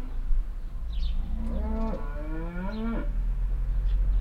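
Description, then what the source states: Cow mooing, one long loud moo with rich harmonics, small birds chirping high above and a steady low traffic rumble underneath. Farmstead beside a willow in Heiderscheid; one cow moos constantly and loudly while moving behind a bush; other cows answer more quietly; passing cars and chirping birds.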